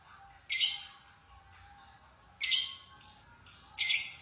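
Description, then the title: Lovebird squawks, three loud harsh high shrieks with faint background chatter. "BM Suara Burung Lovebird"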